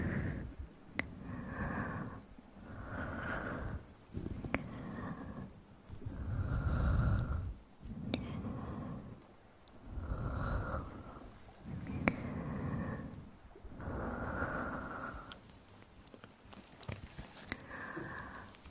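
Mouth sounds with low, unclear whispering run through the clip in breathy bursts of a second or two, separated by short pauses. Airy hiss and soft low rumble fill each burst, with small clicks and smacks popping up throughout.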